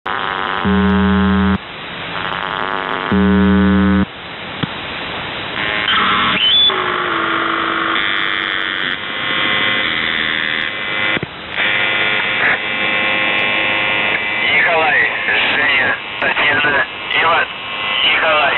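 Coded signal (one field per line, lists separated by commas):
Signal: numbers station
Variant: UVB-76 (The Buzzer)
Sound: two roughly one-second low harsh buzzes, then a distorted voice through heavy static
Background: radio static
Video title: The Buzzer/UVB-76(4625Khz) April 27th, 2023 Voice messages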